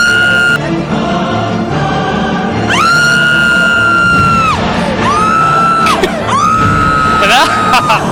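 A man lets out several long, loud yells, each held on a high, strained pitch and then dropping off, over a dense background of crowd noise and chatter.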